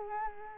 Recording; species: mosquito wingbeat signal from an infrared sensor; Culex quinquefasciatus